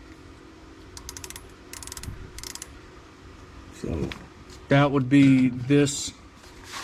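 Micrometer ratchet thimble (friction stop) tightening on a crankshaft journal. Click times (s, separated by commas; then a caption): 1.1 s, 1.2 s, 1.9 s, 2.5 s. The ratchet thimble (friction stop) of an outside micrometer is turned until it stops and slips while measuring a crankshaft journal from a Willys Jeep F-head engine; the ratchet is used because skipping it can nick the crankshaft or spring the micrometer frame. A series of short, light ratchet-pawl clicks sounds at about 1.1, 1.2, 1.2, 1.9, 2.5 and 2.6 seconds, showing the thimble has reached its stop. Near the end someone talks.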